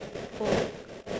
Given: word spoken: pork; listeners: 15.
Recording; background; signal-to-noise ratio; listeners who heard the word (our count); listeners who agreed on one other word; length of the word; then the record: one English word in noise, from a listening test; noise modulated by three-talker babble; -4.2 dB; 3 of 15; 6 of 15; 0.80 s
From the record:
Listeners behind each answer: 6, 3, 3, 1, 1, 1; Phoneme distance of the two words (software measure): 10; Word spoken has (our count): 1 syllable, 3 phonemes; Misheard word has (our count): 1 syllable, 3 phonemes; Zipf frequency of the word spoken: 4.39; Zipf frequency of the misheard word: 3.97